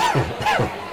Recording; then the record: coughing mixed with background sound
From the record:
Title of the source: Dry Coughing Fit in the Afternoon.